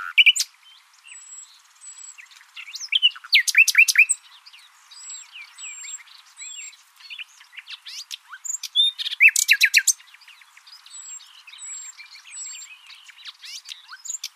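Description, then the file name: Common nightingale song: bursts of loud rapid notes separated by long stretches of thin high whistles and soft chatter. "Luscinia megarhynchos"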